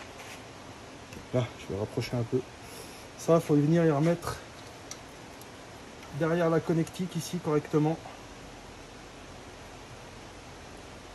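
A small plastic locking clip on the brake pad wear sensor connector of a Ford Transit or Transit Custom van's front brake is being handled so it can be pushed back in behind the connector. Someone talks in two bursts over a steady low hiss, with a faint short tick near 4.9 s. Nothing has seated or clicked yet.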